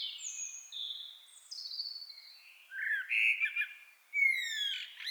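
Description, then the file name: Common blackbird: high thin whistles, then a lower warbling phrase and squeaky high notes at the end. "Turdus merula"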